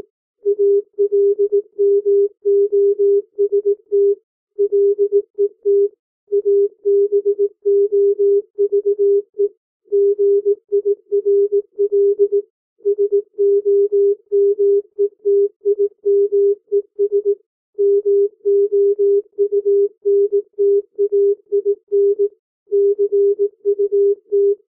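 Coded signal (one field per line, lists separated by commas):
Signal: Morse code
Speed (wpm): 18 wpm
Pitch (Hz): 400 Hz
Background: music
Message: ALMOST LET ABOVE GIRL SOMETIMES MOUNTAIN CUT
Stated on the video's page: Morse code practice at 15 to 18 WPM character speed for learning to read by ear.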